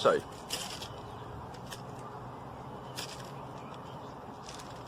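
Plastic BBs are being handled for pushing by hand into the front of the chambers of an airsoft single action revolver cylinder. Someone talks briefly at the start, followed by faint handling noises and a quiet background. Nothing has seated or clicked yet.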